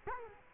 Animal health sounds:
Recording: mosquito wingbeat signal from an infrared sensor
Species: Culex quinquefasciatus

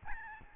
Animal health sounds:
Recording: mosquito wingbeat signal from an infrared sensor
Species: Aedes albopictus

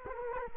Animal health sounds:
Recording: mosquito wingbeat signal from an infrared sensor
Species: Culex quinquefasciatus

